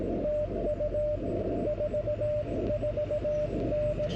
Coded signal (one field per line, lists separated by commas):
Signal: Morse code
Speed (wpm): 16 wpm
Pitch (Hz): 600 Hz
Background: radio noise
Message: TU 44N